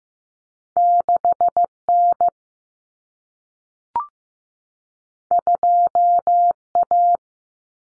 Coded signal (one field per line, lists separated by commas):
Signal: Morse code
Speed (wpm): 15 wpm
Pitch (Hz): 700 Hz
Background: none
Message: 6N 2A